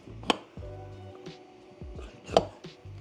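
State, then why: Seated. On a first-generation Tundra/Sequoia CV axle rebuild, the rebuilt CV joint is pushed onto the splined axle shaft past its C-clip (circlip). Sharp metallic clicks ring out at 0.3 s and 2.4 s over low background music, with softer knocks in between. The clip snaps into its groove and the joint is seated.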